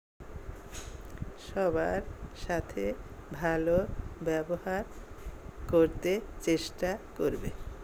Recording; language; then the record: elicited speech; Bengali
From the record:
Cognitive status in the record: dementia